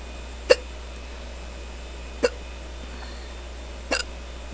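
Three brief, sharp hiccups from an adult, about 1.7 seconds apart, over a steady faint background hum.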